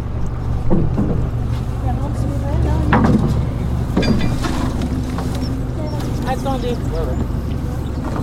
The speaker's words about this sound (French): patron pêcheur et jeuneux, sa maman, son matelot, nous emmènent en annexe vers leur bateau, en godillant, ferme.